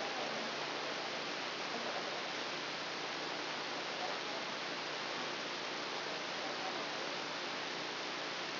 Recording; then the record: brain microelectrode recording played as sound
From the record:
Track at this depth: inside the subthalamic nucleus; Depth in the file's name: 2.709 mm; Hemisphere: left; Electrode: 2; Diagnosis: Parkinson's disease